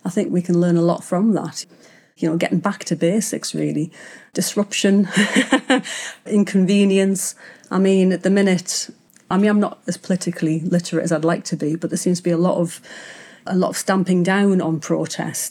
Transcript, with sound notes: I think we can learn a lot from that. You know, getting back to basics really- disruption [laughs] inconvenience. I mean, at the minute, I mean, I'm not as politically literate as I'd like to be, but there seems to be a lot of, a lot of stamping down on protest.